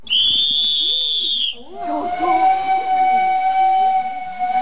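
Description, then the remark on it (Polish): A narrow-gauge steam locomotive of 75 horsepower with a top speed of 20 km/h, at the Silesian Park in Chorzów, Poland, gives a shrill, steady whistle blast, then a loud hiss of steam with a lower, sustained whistling tone, while faint voices murmur underneath. “Dzisiaj jeździ parowóz, jest to bardzo widowiskowe.”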